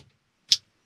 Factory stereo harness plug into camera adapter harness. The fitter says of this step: it click into place just like that